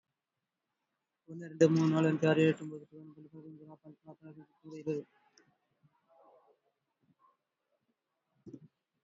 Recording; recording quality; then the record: counting at a fast pace; excellent, no background noise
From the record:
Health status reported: exposed to COVID-19, no respiratory illness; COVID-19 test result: negative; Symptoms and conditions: cough, sore throat, fever, muscle pain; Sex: male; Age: 26 years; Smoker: no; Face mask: worn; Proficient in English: yes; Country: India